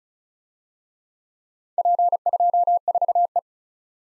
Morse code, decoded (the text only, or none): P24E